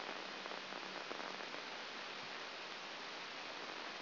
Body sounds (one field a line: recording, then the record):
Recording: brain microelectrode recording played as sound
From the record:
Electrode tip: outside the subthalamic nucleus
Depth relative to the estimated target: -6 mm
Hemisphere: left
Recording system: AlphaMap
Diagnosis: Parkinson's disease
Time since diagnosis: 9 years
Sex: female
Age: 40 years